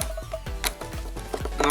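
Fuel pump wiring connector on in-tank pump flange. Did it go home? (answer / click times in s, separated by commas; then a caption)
no / none. Someone presses down and in on the plastic electrical wiring connector on the in-tank fuel pump flange of a VW Jetta MK6 / Golf MK6 during a fuel pump replacement, trying to unlatch it. Short sharp ticks and light plastic rattles sound through the clip, with a louder scraping burst near the end. The connector does not click or release.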